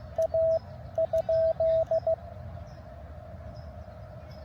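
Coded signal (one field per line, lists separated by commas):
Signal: Morse code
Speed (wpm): 16 wpm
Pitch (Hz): 660 Hz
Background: radio noise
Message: A ?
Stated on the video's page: Morse code from a park activation, US-3548 Rio de Los Angeles State Park.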